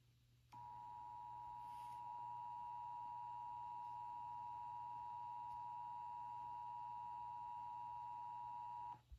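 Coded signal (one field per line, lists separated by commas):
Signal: Emergency Alert System (SAME) tones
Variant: 853 and 960 Hz attention tone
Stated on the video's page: Fictional EAS scenario, a work of fiction.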